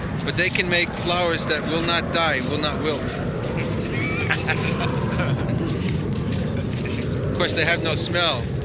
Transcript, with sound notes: but they can make flowers that will not die, will not wilt. [laughter] Of course, they have no smell.